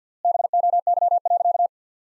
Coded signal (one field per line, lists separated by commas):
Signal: Morse code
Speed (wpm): 50 wpm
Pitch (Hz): 700 Hz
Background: none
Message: BOY.